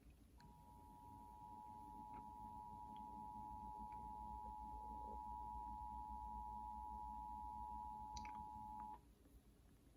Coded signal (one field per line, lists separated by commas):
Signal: Emergency Alert System (SAME) tones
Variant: 853 and 960 Hz attention tone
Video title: EAS Test during premier league match (NBC-KVLY ND)